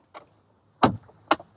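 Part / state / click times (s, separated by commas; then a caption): battery pack into string trimmer power head / seated / 1.3 s. A battery pack is slid onto the rails of a Bad Boy 80-volt attachment-capable string trimmer power head, its six tongs lined up, and pushed past some resistance. A faint tap at 0.2 s and a louder knock at 0.8 s come first, then a sharp click at 1.3 s as the pack latches and seats home.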